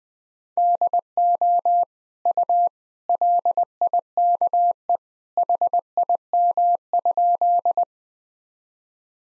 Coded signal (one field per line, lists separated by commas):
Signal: Morse code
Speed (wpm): 21 wpm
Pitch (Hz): 700 Hz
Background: none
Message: DO U LIKE HIM?